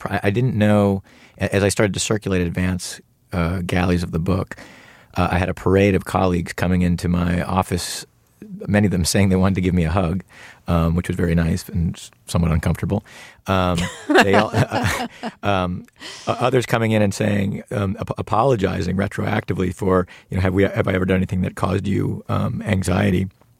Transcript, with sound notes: I didn't know as I started to circulate advance galleys of the book, I had a parade of colleagues coming into my office, many of them saying they wanted to give me a hug - which was very nice and somewhat uncomfortable.
(LAUGHTER)
They all - others coming in and saying - apologizing retroactively for, you know, have I ever done anything that caused you anxiety,